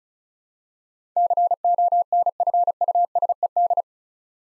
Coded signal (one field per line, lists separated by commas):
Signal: Morse code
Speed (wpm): 34 wpm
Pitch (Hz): 700 Hz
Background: none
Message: CONFUSED